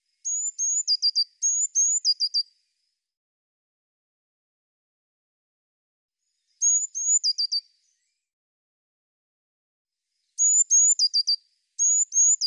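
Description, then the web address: Eurasian blue tit calling: high thin whistled notes followed by a quick descending trill of short notes, phrases repeated in bursts with long silent gaps, no other sounds. "cianscape birddata Deverinetal 2025 File cleaned normalized Bird Cy Ca"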